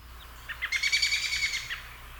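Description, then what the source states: American robin call notes: a quick run of short, bright chuckling notes that trail off, over faint low hum. Second call note example; call notes differ from the song and are given in a different context; sounds kind of like a chuckle.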